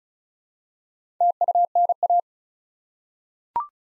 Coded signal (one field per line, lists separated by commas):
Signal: Morse code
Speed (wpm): 36 wpm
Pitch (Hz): 700 Hz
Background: none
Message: TUNA